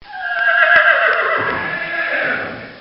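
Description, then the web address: Horse whinnying: a loud neigh that starts high and slowly falls and fades over about three seconds. "Bobby Cole Horse-Whinny"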